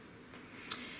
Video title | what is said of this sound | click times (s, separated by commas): De'Longhi Nespresso Lattissima One Descaling - EASY DIY | push it in place until it clicks and it's flush with that | 0.7 s